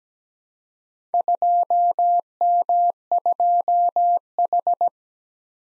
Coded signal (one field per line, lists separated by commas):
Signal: Morse code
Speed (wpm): 17 wpm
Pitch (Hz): 700 Hz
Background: none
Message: 2M2H